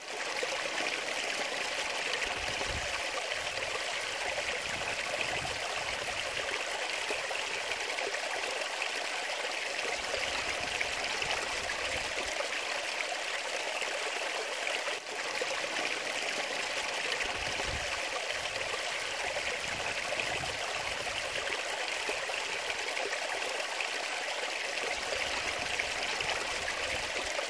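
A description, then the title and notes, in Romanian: A mountain stream runs steadily, its water rushing and trickling over stones in a dense, unbroken hiss that stays level throughout. The sound is bright, with brief low gurgles surfacing now and then beneath the constant flow. Sunetul pârâului Ploștina - Lopătari, Buzău.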